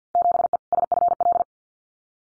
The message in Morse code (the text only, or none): 7E SFL